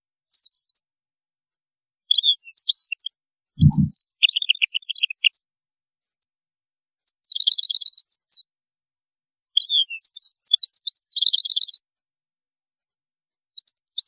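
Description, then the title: European goldfinch song with tinkling twitters and buzzy trills in several phrases, interrupted once by a brief low thump. "Chant Chardonneret"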